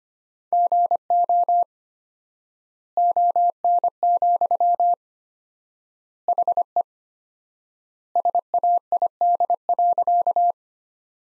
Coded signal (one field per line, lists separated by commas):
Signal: Morse code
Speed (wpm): 25 wpm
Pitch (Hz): 700 Hz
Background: none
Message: GO ON, HE SAID.